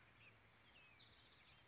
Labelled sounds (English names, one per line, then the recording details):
Bewick's Wren
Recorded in Sonoma County, California